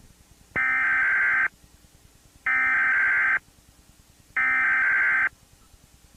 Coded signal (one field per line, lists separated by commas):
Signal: Emergency Alert System (SAME) tones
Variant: header bursts